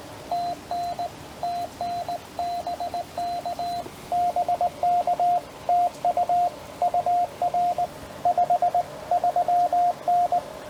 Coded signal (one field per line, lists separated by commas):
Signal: Morse code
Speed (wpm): 18 wpm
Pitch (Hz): 700 Hz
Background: radio noise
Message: TN TN BK BK TU UR 53N